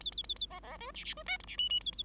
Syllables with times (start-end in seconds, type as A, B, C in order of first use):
0.00-0.11 A, 0.12-0.23 A, 0.24-0.35 A, 0.36-0.47 A, 0.50-0.59 B, 0.62-0.77 B, 0.78-0.91 C, 0.94-1.04 D, 1.04-1.14 D, 1.17-1.23 C, 1.26-1.38 E, 1.40-1.45 F, 1.47-1.56 D, 1.58-1.69 G, 1.69-1.80 G, 1.80-1.91 A, 1.92-2.03 A